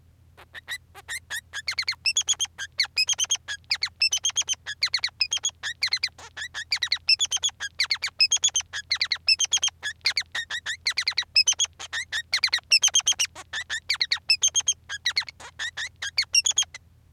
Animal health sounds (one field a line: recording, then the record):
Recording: song of a male Bengalese finch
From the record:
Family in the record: son of father 3